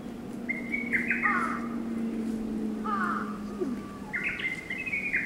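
Lesser cuckoo song: several rapid, jerky whistled phrases of high notes, with a steady low droning hum running underneath most of the time.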